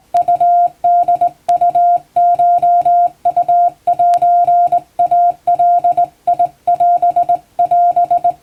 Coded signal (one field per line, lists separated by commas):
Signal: Morse code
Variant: Japanese Wabun code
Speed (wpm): 20 wpm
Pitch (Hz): 700 Hz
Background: music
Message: ウホウコウセイガオオ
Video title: 毎日モールスラーニング！第１級無線通信士が打つ綺麗な手打ち和文モールス符号で受信練習をしよう！YouTubeの再生速度を自分の速度に調整して聴いてみよう(morse code practice)